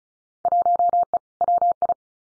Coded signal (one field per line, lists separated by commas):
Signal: Morse code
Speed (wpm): 36 wpm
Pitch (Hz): 700 Hz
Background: none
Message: 1E WI